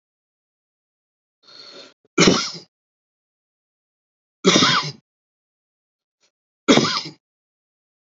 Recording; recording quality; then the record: heavy voluntary cough; excellent, no background noise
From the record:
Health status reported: healthy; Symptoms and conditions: none ticked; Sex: male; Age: 47 years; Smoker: yes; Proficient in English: yes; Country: India